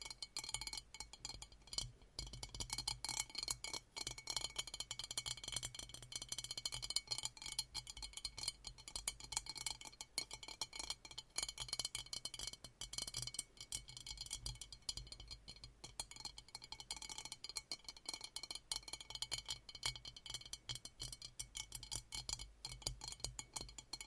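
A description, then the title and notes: Dense scratching and quick tapping of long nails runs throughout, crisp and bright, with glassy clicks over a faint low hum. ASMR Sleep Triggers - Brain Melting Scratching , Tapping , Massage Long Nails No Talking.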